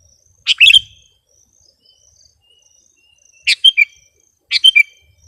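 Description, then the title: Sooty-headed bulbul song: three short bubbly, warbling phrases, the first followed by a long pause, the last two about a second apart. "kutilang"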